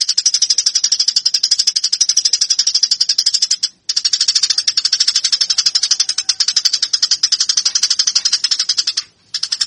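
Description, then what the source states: Eurasian tree sparrow chatter: shrill chirps repeated rapidly in long runs, with two brief breaks. Master song used to train fighting (tarung) tree sparrows.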